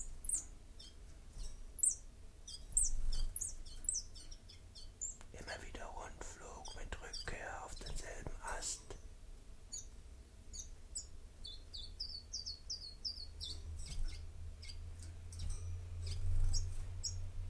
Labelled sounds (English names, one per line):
Common Chiffchaff song